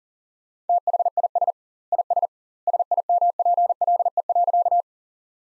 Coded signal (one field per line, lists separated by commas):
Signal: Morse code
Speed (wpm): 40 wpm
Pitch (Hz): 700 Hz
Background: none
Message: THIS IS SIMPLE.